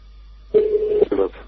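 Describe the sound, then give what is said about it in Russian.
Telephone keypad dialing tones: a steady half-second electronic beep, then a brief pause and a shorter second tone, clear and moderately loud with nothing else around them. “Видишь, я на два телефона звоню.”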